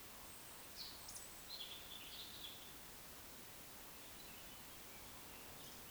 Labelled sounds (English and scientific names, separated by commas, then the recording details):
Eurasian Woodcock (Scolopax rusticola) whistle, Eurasian Woodcock (Scolopax rusticola) croak
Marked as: croak, whistle, whistle
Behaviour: display flight
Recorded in Baden-Württemberg, Germany, on 2 June 2021 at 19:51 UTC
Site 25832, 648 m above sea level